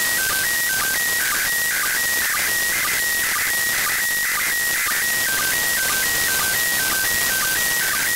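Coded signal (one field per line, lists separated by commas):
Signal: SSTV (slow-scan television)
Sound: warbling whistle tones with steady pitches and regular low blips, under hiss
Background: radio static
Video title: ISS Pass SSTV 2019 02 16 1922z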